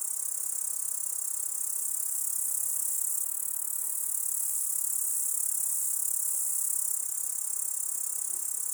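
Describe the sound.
Grasshopper giving a sustained, sizzling, high-pitched buzz that barely changes, with no other sounds standing out.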